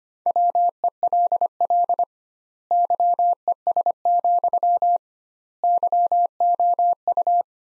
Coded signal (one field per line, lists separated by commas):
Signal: Morse code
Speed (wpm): 25 wpm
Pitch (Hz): 700 Hz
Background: none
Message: WELL YES, YOU